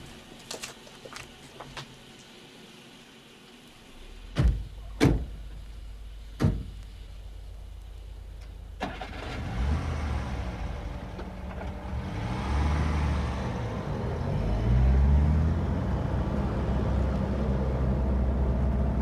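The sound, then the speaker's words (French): A few light clicks, then three solid car door slams in quick succession, followed by an engine starting and rumbling louder as the car of the Golden Cottage chauffeur pulls away and drives off. “Si vous voulez bien me suivre, la voiture est devant la porte.”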